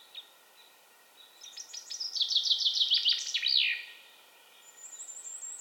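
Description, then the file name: Common chaffinch song of quick descending chirps building into a terminal flourish, preceded by a few soft notes and followed by a thin high whistle. "Fringilla coelebs"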